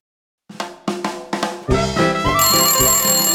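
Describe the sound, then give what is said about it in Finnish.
A landline telephone rings: four separate bell-like tones, then a loud, continuous, bright ringing that holds to the end, with no voices. “No mutta, mikä se tuolla pirisee? Menenpäs vastaamaan.”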